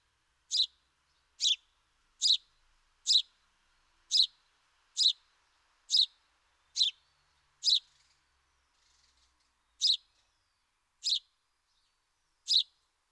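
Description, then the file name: House sparrow chirping: sharp single notes repeated about once a second, a pause of about two seconds after the ninth chirp, then three more, otherwise quiet. "Passer domesticus"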